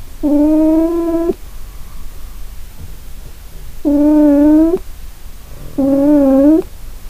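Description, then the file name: Cat giving three long, even meows, each about a second in length, the second following about three and a half seconds after the first and the third about two seconds later, the last wavering slightly in pitch. Recorded 25 April 2008. "cat 20080425"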